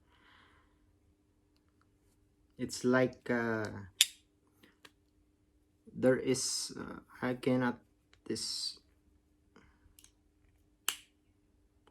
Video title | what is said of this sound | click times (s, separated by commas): Victorinox MXBS AA black oxide, quick unboxing and comparison | yeah this there's a satisfying click and it's like | 10.9 s